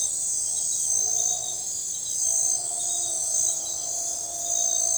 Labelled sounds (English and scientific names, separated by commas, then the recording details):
none
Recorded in forest near Pivijay, Magdalena, Colombia, on 14 April 2023 at 23:00
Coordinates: 10.467, -74.380
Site Z5-G034